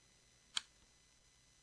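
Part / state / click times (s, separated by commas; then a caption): small internal cable connector onto laptop motherboard socket / seated / 0.6 s. A small internal cable connector on a Lenovo Ideapad 330s laptop, part of a keyboard replacement, is lined up and pressed onto its mating motherboard socket with a plastic pry piece. A single sharp little snap sounds at 0.6 s over quiet background hiss, and the tiny board connector is seated.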